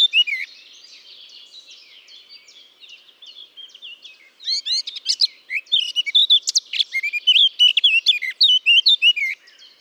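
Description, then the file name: Eurasian blackcap singing: a few bright notes, a long quiet twittering warble, then a loud burst of fast, varied whistled and chattering phrases. "Sylvia atricapilla"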